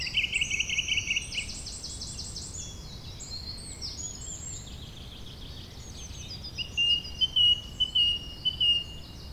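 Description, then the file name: Birds singing: a quick rattling trill at the start, layered high chirps, then a run of louder buzzy notes in the last few seconds. "beautiful Birdsong"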